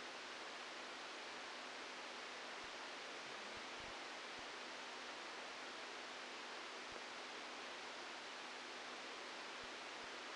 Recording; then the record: brain microelectrode recording played as sound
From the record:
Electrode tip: outside the subthalamic nucleus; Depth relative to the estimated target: 4 mm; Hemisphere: left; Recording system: NeuroSet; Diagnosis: Parkinson's disease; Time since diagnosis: 12 years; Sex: male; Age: 61 years